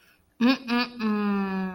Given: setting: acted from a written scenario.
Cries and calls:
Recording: vocal sound without words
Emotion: embarrassment

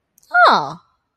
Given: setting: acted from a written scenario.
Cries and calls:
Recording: vocal sound without words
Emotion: interest

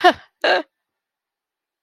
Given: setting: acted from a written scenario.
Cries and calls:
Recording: vocal sound without words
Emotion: pride

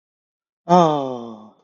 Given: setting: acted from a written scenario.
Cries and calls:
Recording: vocal sound without words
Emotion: adoration

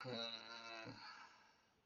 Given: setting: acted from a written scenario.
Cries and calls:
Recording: vocal sound without words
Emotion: guilt

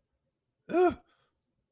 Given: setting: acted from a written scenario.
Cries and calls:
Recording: vocal sound without words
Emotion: negative surprise

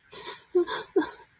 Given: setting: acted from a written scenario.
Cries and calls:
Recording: vocal sound without words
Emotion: sadness

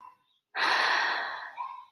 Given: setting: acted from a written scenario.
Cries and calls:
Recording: vocal sound without words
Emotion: disappointment

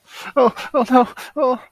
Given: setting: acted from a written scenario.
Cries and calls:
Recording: vocal sound without words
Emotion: distress

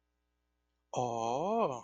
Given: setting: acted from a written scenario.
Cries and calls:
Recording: vocal sound without words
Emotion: awe

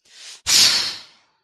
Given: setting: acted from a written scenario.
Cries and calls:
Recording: vocal sound without words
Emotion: anger

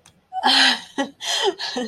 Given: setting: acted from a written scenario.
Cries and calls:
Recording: vocal sound without words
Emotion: triumph

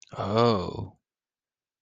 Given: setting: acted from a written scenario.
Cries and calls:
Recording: vocal sound without words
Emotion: positive surprise

